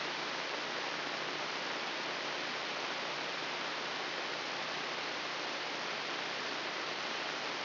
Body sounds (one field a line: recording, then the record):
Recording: brain microelectrode recording played as sound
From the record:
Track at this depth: inside the subthalamic nucleus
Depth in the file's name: 4.307 mm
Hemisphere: left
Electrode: 3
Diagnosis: Parkinson's disease